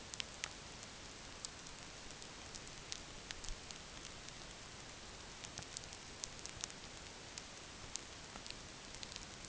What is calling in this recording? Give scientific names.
none